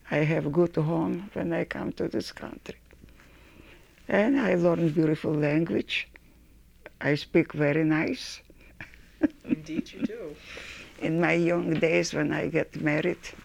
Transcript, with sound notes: I have good home when I come to this country and I learn beautiful language. I speak very nice. [Laughs]
Indeed you do.
In my young days when I get married,